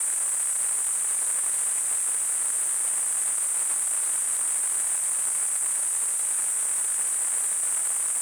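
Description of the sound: Simulated tinnitus: a steady, continuous high-pitched hiss concentrated around 8–10 kHz, with fainter broadband noise beneath and almost nothing in the low frequencies.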